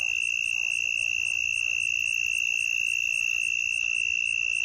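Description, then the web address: Southern mole cricket singing a continuous, even, high-pitched trill without pause, accompanied by a softer higher ticking pulse repeated several times per second. "The Songs of Insects. Southern Mole Cricket"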